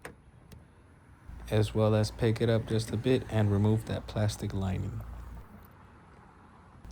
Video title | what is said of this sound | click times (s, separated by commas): 2014-2019 Silverado Windshield Wiper Replacement DIY | it pushes in, and make sure you hear that click, as | 0.0 s